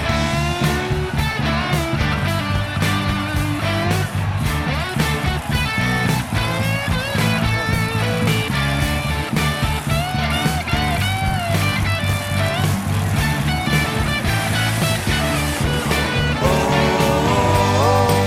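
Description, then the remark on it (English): Loud, continuous monster truck engines roaring with deep rumbling and rising, falling revs as the trucks throttle hard, sustained over a steady pulsing rhythm with no pauses. “Oh, can you hear their engines are roaring so loud? Better cover your ears.”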